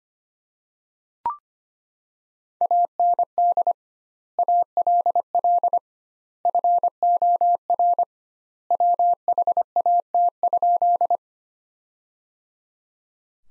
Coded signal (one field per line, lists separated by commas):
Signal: Morse code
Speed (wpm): 25 wpm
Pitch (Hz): 700 Hz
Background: none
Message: AND ALL FOR WHAT?